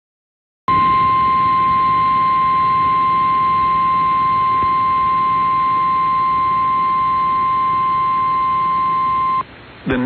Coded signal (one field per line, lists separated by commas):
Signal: Emergency Alert System (SAME) tones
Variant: 1050 Hz attention tone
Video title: Late-June Action | EAS Alerts from June 29th, 2023 (EAS #2845-2852)